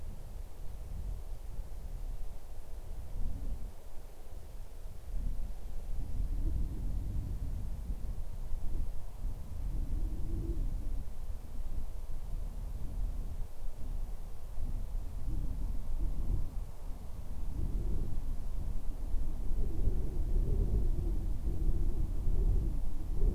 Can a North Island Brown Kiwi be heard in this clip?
no